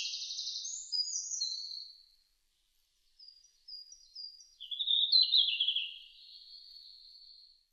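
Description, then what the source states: Red-flanked bluetail singing short high warbled phrases: a brief opening burst, a pause, then soft notes leading into a louder phrase. Recorded 5 June 2005.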